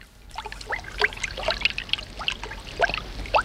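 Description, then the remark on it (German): Water from a faulty tap at home bubbles and gurgles steadily like a spring, a busy stream of quick, bright plops and glugs rising and falling in pitch, with no voices. “Schon sprudelt es wie eine Quelle.”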